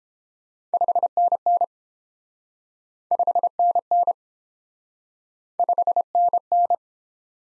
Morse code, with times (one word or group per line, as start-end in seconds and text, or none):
0.7-1.6 5NN
3.1-4.1 5NN
5.6-6.8 5NN